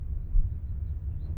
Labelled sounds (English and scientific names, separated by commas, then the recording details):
House Finch (Haemorhous mexicanus) song
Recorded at Wantagh on Long Island, New York, on 21 May 1975
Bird B